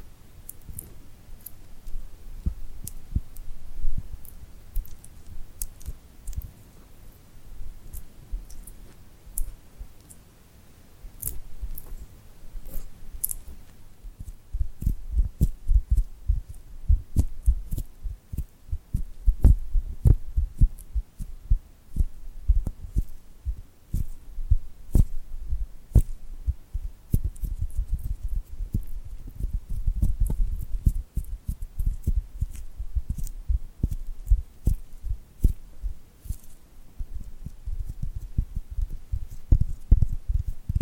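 Sticky, tingly sounds of glue-coated hands, with dense, irregular clicks and soft peeling taps that come in quick flurries. The opening stretch is quieter and lighter, then from about fourteen seconds the tapping grows fuller and thumpier and carries on steadily to the end.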